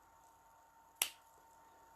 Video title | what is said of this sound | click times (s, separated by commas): Make up Limelife By Alcone avec la collection Danessa Myricks | voyez, on entend le clic quand je l'ai fermé. | 1.0 s